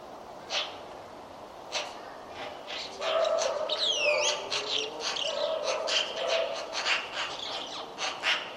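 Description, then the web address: Bird calls: a busy run of sharp chirps and quick downward-sweeping whistles, several overlapping. "cianscape. Deverinetal. Bird Only"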